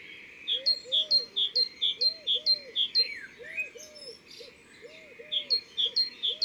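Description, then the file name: Great tit song: high two-note phrases repeated quickly in two bursts of several phrases, with soft low arched notes repeating beneath. Recorded in the Drôme, France. "Mesange cherbonniere Concerts Naturels de la Drome Studio les Trois Becs"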